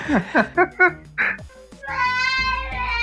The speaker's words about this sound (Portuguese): Vocês estão ouvindo uma criança chorando ou não? Estamos. Então, seu filho tá participando do podcast, não tem problema nenhum.